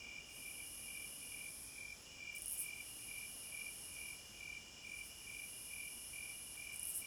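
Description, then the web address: Cricket chirps repeat in a regular rhythm, around twice each second, with a high hum that cuts out and returns. Forest at night, midnight. "Nature Sounds In HD Sounds of Nature Hypnotizing Forest- Wolves, Crickets, Owls and Singing Birds Midnight Concert"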